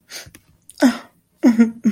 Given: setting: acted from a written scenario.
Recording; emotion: vocal sound without words; sadness